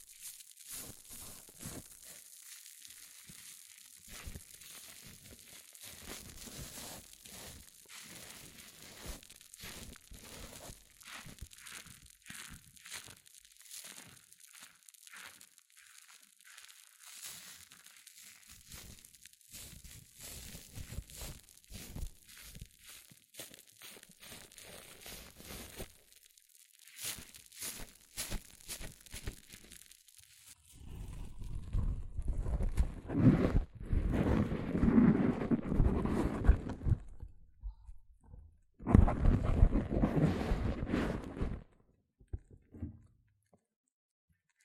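Hair mousse fizzing and crackling in dense, rapid tiny pops with a bright hiss for the first half minute. Around 31 seconds louder, fuller bursts of crinkling and squishing take over, pausing briefly near 38 seconds, then fading out before the end.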